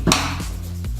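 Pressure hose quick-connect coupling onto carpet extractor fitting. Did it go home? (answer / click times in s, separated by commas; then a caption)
yes / 0.1 s. A pressure hose quick-connect coupling is reconnected to the high-pressure solution line fitting on a Polivac Predator MKII carpet extractor: the coupling's sleeve is pulled back and the coupling is pushed on. A sharp, loud click at 0.1 s shows it has seated and locked, with music playing underneath and a fainter knock near the end.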